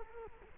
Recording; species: mosquito wingbeat signal from an infrared sensor; Culex quinquefasciatus